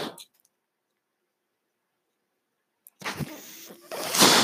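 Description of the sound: A brief puff, a long silence, then rushing air hiss with a faint hum: the cycling of a home mechanical ventilator.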